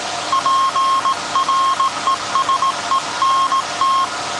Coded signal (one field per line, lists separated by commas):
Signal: Morse code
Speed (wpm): 17 wpm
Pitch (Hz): 1070 Hz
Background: none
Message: PRESENT